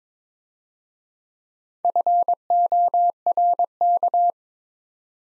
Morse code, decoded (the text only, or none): FORK